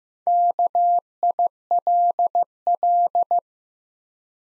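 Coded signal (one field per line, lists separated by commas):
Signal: Morse code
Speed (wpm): 15 wpm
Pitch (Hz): 700 Hz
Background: none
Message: KILL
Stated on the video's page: Morse practice at 15 wpm: 4-letter words sent two letters at a time for instant character recognition, beginner word-building drill.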